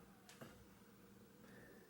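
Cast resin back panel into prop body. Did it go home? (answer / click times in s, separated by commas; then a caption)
yes / 0.3 s. A cast resin back panel of a prop is pressed into its housing in the prop body and pops into place. A single small snap is heard at 0.3 s against a steady low hum, with a second faint tick just after. The panel is seated.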